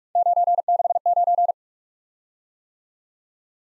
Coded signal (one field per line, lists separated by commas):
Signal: Morse code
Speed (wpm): 44 wpm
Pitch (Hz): 700 Hz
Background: none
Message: 969